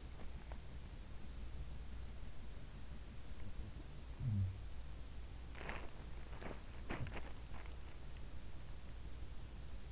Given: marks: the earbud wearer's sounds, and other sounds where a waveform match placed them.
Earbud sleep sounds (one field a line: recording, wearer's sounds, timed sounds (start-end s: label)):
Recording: sounds in sleep by an in-ear microphone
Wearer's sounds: teeth grinding, body movement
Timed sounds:
0.00-0.94 s: teeth grinding
3.53-4.75 s: sound from someone else or the room
5.40-7.76 s: body movement